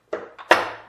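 A metal Saris MHS (Modular Hitch System) hitch-mounted bike rack is swung on its hitch pivot. A softer knock comes at 0.1 s and a faint one near 0.4 s, then the tilt pivot latch snaps sharply at 0.5 s, ringing briefly as it fades. The latch seats, locking the rack into its carrying position.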